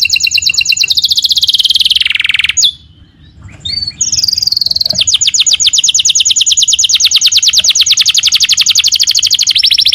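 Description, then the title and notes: Canary song: a fast high trill falling in pitch, a brief pause, then a long sustained rapid trill. Young canary; long-duration training song used for song tutoring. "Pancingan Kenari Muda Durasi Panjang. masteran kenari"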